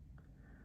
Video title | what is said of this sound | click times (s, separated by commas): Platinum Curidas and Opus 88 Demonstrator - an unlikely pair of huge affordable fountain pens | Then you hear the first click as it locks into place there. | 0.2 s